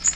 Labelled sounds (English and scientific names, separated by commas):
Magnolia Warbler (Setophaga magnolia) flight call